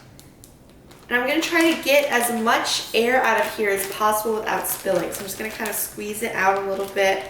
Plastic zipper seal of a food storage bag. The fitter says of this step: make sure you can hear it snapping shut